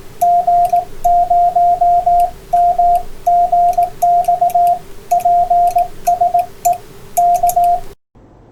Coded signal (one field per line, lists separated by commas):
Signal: Morse code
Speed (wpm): 18 wpm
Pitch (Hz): 700 Hz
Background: radio noise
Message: G0MGX PSE K